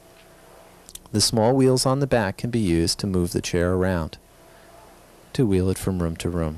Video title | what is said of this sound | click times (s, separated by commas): Seated Support - Butler Medical | It should lock into place. | 0.9 s, 1.0 s